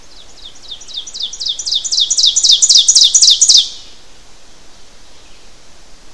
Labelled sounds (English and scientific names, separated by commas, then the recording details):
Ovenbird (Seiurus aurocapilla) song
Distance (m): 5 m
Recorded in boreal forest in Alberta, Canada, on 12 June 2016 at 07:12
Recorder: SongMeter 3, array SBT-3-18
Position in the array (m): 239 m, 84 m
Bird 31